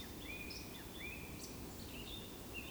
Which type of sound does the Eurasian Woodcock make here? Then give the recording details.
whistle. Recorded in Baden-Württemberg, Germany, on 28 May 2020 at 19:29 UTC. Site 31917, 145 m above sea level